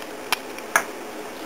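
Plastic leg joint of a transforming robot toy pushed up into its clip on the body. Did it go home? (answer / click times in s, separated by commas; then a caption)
yes / 0.3 s, 0.8 s. The plastic leg and crotch joint of a TFP Commander Dreadwing transforming robot toy is folded 180 degrees and pushed upward into its clip on the body. Two sharp plastic clicks sound at 0.3 s and 0.8 s, with a faint tick between them. The leg section snaps into place and is locked tight.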